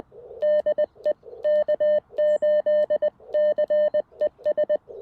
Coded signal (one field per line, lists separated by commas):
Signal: Morse code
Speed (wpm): 19 wpm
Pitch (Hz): 590 Hz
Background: none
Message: DE K8CES